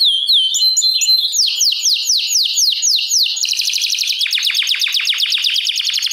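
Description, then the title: Domestic canary song: looping whistled notes leading into sweeping trills, then a very rapid rattling trill to the end. Portuguese canary breed (Kenari Portugis). "Kenari Portugis"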